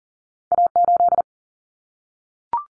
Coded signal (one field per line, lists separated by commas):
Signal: Morse code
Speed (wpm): 40 wpm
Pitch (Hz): 700 Hz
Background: none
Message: A8